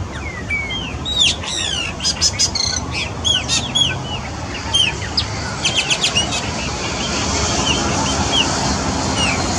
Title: Passaro Preto